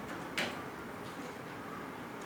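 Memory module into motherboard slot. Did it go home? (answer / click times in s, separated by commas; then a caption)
yes / 0.4 s. A memory module, most likely a RAM stick, is pressed into its motherboard slot after a warning that it can be put in backwards. A single sharp click sounds at 0.4 s over a steady low hiss. The module is seated in the slot.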